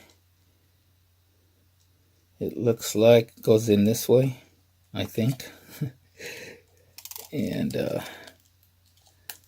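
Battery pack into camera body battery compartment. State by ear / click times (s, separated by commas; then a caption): seated / 9.3 s. A 900 mAh rechargeable battery pack is pushed into the battery compartment of a YI M1 4K 20MP mirrorless digital camera while someone talks, with light clicks and rattles around 7.0–7.2 s. A sharp click at 9.3 s marks the battery snapping into place in the compartment.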